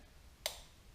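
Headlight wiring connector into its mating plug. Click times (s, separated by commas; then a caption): 0.5 s. A headlight wiring connector from a Twist Dynamics 2017 Canadian headlight conversion kit is pushed into its mating plug on a motorcycle-style vehicle until it clicks. A single sharp, bright tick sounds at 0.5 s, rising well above the quiet background and fading quickly. The connector is seated.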